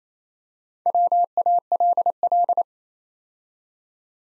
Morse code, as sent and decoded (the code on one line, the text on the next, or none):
.-- .- .-.. .-..
WALL